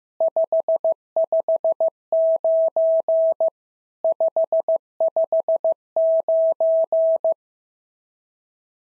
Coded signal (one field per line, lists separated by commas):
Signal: Morse code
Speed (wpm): 15 wpm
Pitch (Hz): 650 Hz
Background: none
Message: 559 559